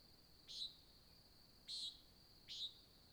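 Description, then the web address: Nighthawk giving short buzzy nasal peents, three calls about one second apart, over a steady high insect drone. Nighthawk competition, Oregon desert, USA, at dawn, July 2017. "Discover Oregon - American Desert Birds Nighthawk 2017 Sutton July Dawn Nighthawk Competition"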